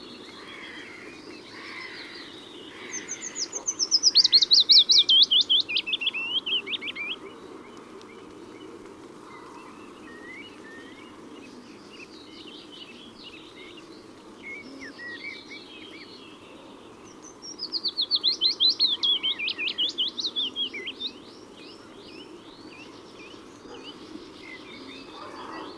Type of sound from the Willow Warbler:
song